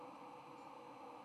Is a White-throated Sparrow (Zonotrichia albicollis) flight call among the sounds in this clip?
no